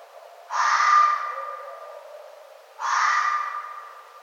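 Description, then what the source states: Red fox calls, two harsh hoarse barks about two seconds apart, each a rasping burst that trails off. Recorded 1 November 2011.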